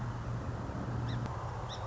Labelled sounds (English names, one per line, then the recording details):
Song Sparrow
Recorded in Sonoma County, California